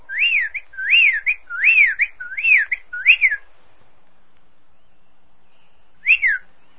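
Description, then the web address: Bird giving a run of five clear whistled notes, each rising then falling, roughly every 0.7 seconds, then a silent gap and one final matching whistle near the end. "ANIMALES PAJARO"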